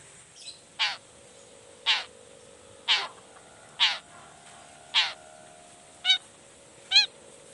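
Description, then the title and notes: Long-tailed shrike harsh buzzy calls repeated about once a second, five rasping notes followed by two shorter trilled notes, over a low background hum. Cendet song with toet toet variations, in the morning; described as lively and calling to provoke other shrikes to answer. "Cendet Gacor Dor Di Kala Pagi Toet Toet Variasi Suara. Cendet Gacor Pagi Hari Biangnya Bikin Cendet Manapun Langsung On Nyaut Buka Materi. Burung cendet"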